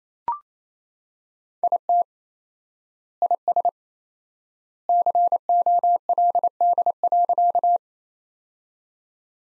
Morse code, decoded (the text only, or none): IT IS COLD.